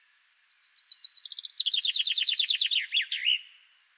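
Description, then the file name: Common chaffinch singing one full phrase: thin notes speed up, drop into a cascading rapid trill, then finish with a short emphatic flourish. "Fringilla coelebs"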